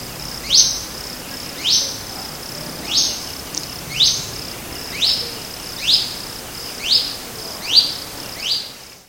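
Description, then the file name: Olivaceous woodcreeper calls: a series of nine quick upward-sweeping whistled notes, about one each second, over constant high insect buzzing. Recorded at Cantareira, São Paulo, Brazil, on 19 January 2014. "Sittasomus-griseicapillus-PECantareira SP-BR-19-1-14-ASilveira"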